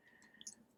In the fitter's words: these brown sections that we folded out and fold them down, and they will snap into place right above where his butt was.